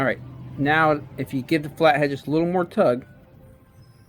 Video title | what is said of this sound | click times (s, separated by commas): 1:11 Top End Rebuild. 2021 YZ250F Yamaha. New piston, checking valves, and bottom end. | they usually lock in no this one didn't lock in they usually do they'll | none